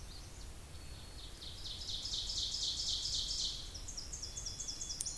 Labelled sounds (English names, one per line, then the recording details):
Ovenbird song
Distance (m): 35 m
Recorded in boreal forest in Alberta, Canada, on 26 May 2016 at 07:51
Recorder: SongMeter 3, array SBT-3-15
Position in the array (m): 53 m, 223 m
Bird 20